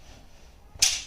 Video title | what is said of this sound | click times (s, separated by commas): Home Media Center V2 Install Pt.4: 'Finished' product overview | you just heard the click of when the lock box go back in here | 0.8 s